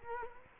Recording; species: mosquito wingbeat signal from an infrared sensor; Culex quinquefasciatus